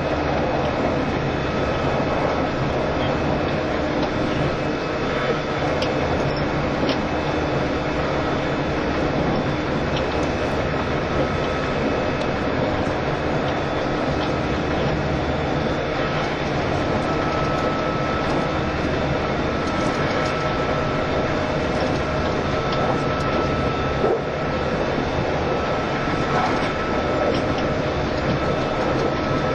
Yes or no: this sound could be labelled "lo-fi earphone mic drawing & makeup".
no